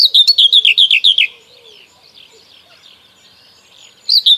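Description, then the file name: Common whitethroat song: a hurried, scratchy chattering phrase of several notes, then a pause with faint background bird sounds before the next phrase begins. "Cierniówka"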